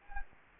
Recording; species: mosquito wingbeat signal from an infrared sensor; Anopheles gambiae